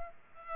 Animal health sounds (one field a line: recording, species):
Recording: mosquito wingbeat signal from an infrared sensor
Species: Culex pipiens